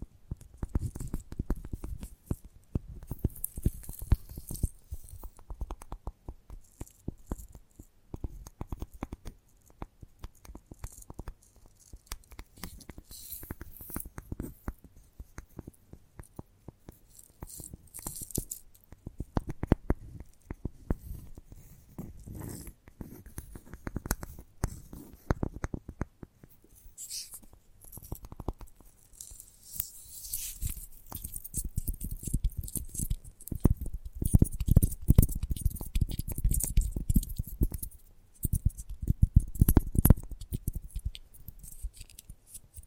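Gentle tapping goes on throughout, a dense stream of soft, quick taps with crisp, bright clicks on top and a low thud beneath. The pace stays busy but uneven, with louder clusters around 27–32 seconds and again near 35–40 seconds.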